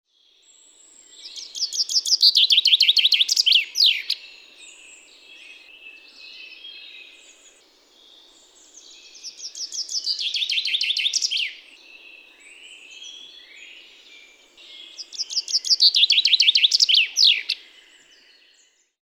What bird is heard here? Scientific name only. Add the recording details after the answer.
Fringilla coelebs. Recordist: Frommolt, Karl-Heinz. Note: Gesang